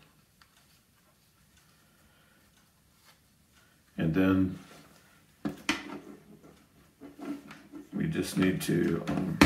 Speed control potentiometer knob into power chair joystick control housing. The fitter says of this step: it will click right into place just like that